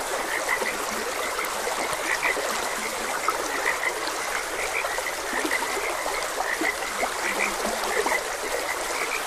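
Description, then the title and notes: Many frogs croak in overlapping short calls while a stream trickles and rushes steadily underneath. Frogs croaking beside a gentle stream. "Gentle Stream and Frogs Croaking. Sleep and Relaxation Podcast"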